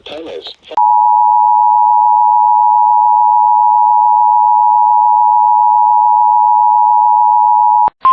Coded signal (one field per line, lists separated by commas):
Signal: Emergency Alert System (SAME) tones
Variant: 853 and 960 Hz attention tone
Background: speech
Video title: IT’S DOUBLEHEADER TIME!!! EAS Alerts from 3/22/2026 (EAS 173-207)